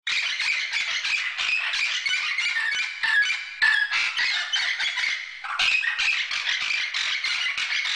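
Parrot giving rapid, harsh, repeated squawks and chattering notes, a dense continuous stream of raspy calls.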